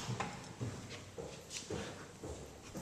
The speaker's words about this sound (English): Do you hear those footsteps? There he goes.